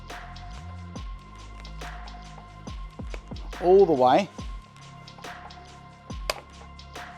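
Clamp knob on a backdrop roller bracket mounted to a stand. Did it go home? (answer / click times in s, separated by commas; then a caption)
yes / 6.3 s. Someone tightens the clamp knob on a backdrop roller bracket mounted to a stand as far as it will go, over background music, while someone talks. A sharp click sounds at 6.3 seconds at full tightness, and the knob has not broken.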